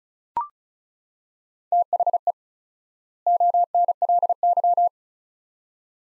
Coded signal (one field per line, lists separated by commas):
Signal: Morse code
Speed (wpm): 36 wpm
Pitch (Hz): 700 Hz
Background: none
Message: THE ONLY